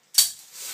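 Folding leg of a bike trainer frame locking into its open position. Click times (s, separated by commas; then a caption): 0.2 s. The metal folding leg of a CycleOps Super Magneto Pro turbo trainer frame swings out after the release buttons on the side are pressed. After a brief silence, a sharp, loud, bright click hits at 0.2 s, then decays into a faint, hissy rattle. The leg clicks into place, locked in its open position.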